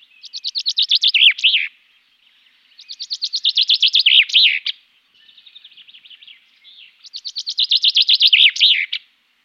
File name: pinson des arbres chant